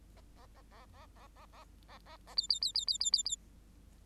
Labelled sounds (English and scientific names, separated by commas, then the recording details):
Bengalese Finch (Lonchura striata domestica) song
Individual Bird8